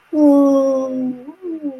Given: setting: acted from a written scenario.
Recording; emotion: vocal sound without words; sadness